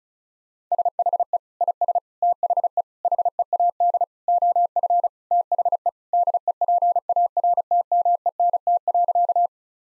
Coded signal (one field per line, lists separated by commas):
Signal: Morse code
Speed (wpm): 34 wpm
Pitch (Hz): 700 Hz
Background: none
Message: SHE IS THE HEAD OF THE DEPARTMENT.